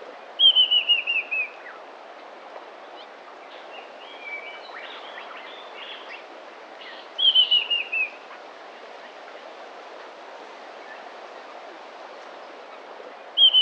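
Little bronze cuckoo calling three times, each a high, quickly pulsed trill falling in pitch, several seconds apart, the last cut off at the end, with faint chirps from other birds between.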